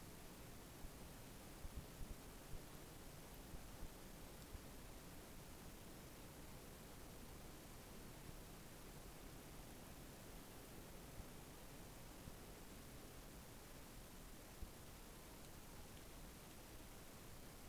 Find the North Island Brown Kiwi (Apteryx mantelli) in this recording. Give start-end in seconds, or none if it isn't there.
none